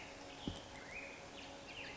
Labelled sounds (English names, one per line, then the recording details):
Black-headed Grosbeak
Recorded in Sonoma County, California